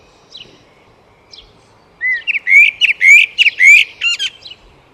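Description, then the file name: Eurasian blackbird: a few soft notes, then a full phrase of repeated rising fluty whistles that ends in a squeaky high flourish. "Turdus merula"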